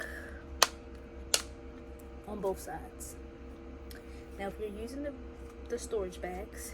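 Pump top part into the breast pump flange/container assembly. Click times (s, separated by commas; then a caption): 0.6 s, 1.3 s. The top part of a wearable breast pump is slid into the lower flange and container assembly until it latches on both sides. Two sharp clicks land at 0.6 s and 1.3 s, one for each side seating, while someone talks. Both sides are clicked in and seated.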